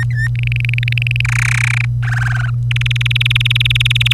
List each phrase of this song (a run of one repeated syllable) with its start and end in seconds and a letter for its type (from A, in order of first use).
0.00-0.27 A, 0.36-1.21 B, 1.25-1.85 C, 2.02-2.50 D, 2.71-4.13 E